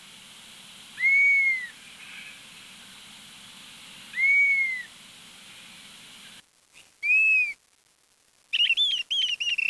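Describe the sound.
Bird giving clear arched whistles, each rising then falling, repeated about every three seconds, followed by abrupt cuts and a choppy burst of higher wavering notes at the end.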